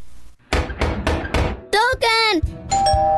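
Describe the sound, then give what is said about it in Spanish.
Four sharp, loud knocks on a door in a quick, even rhythm, then a doorbell rings with a two-part electronic chime. Another thump follows before a steady, higher chime tone. “¿Quién? ¡La puerta! ¡Vas, te toca!”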